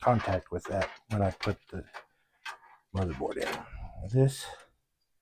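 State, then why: Not seated. The rear I/O shield, a stamped metal plate with grounding tabs, is being handled at the rear opening of a PC case before it is pressed in. Someone talks throughout, with faint handling noises between phrases. The plate has not snapped in or seated yet.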